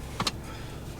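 In the cab of a 2019 Chevy Silverado LT Z71 pickup, a small pull tab is pulled to release the rear bench seat cushion from its locked-up position so it can fold back down. Two sharp clicks sound at 0.2 s and 0.3 s over a low, steady background hum. The seat lock releases.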